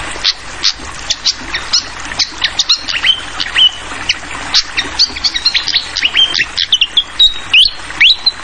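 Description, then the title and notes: Fantail song, quick high notes gathering into rising slurs toward the end, over a steady water sound. Masteran (song tutoring for songbirds) recording, clear voice mixed with the sound of trickling water; local names sikatan kipas, sikatan londo. "Masteran Sikatan Kipas Suara Jernih Dan Suara Gemericik Air. Suara Burung Sikatan Londo"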